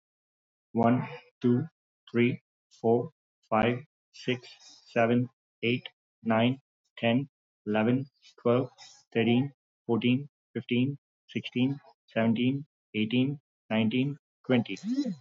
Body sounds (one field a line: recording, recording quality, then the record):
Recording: counting at a normal pace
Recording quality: excellent, no background noise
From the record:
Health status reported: recovered from COVID-19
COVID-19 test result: positive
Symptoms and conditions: cough, cold, fever, loss of smell and taste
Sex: male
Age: 32 years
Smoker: not ticked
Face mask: not worn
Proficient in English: yes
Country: India